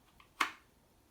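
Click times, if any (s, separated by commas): 0.4 s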